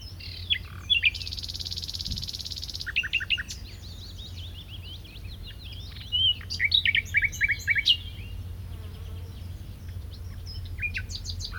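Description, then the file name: Common nightingale song of sharp, varied chirps and whistled flourishes, with a short burst of hissing noise near the start. "Luscinia megarhynchos"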